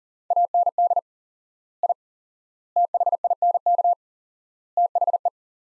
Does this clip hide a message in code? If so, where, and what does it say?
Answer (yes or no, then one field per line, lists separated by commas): yes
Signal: Morse code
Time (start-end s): 0.3-5.3 s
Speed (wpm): 37 wpm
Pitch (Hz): 700 Hz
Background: none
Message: AND I THINK THE